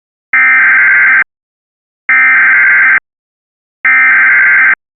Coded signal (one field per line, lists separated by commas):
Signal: Emergency Alert System (SAME) tones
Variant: header bursts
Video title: EAS Mock 3: Out of Ham